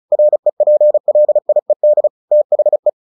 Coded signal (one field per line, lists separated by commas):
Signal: Morse code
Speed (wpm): 36 wpm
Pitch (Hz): 600 Hz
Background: none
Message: REPLIED THE